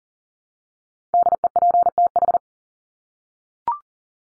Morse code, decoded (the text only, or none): DEPTH